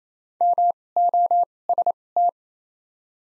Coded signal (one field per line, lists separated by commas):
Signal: Morse code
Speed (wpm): 27 wpm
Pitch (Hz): 700 Hz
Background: none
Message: M O S T